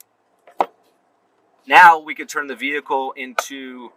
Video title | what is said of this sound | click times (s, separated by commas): New Body Ram Heavy Duty Gateway Bypass Installation | until you hear the clicking sound. | 0.6 s